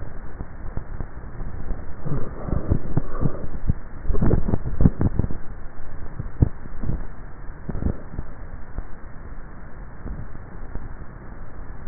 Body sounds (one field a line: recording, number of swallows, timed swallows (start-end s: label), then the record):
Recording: swallowing sounds by neck microphone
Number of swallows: 1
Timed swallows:
4.12-4.85 s: swallow
From the record:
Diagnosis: dysphagia